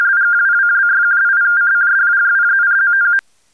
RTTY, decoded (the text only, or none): WELL AS WITH FLDIGI.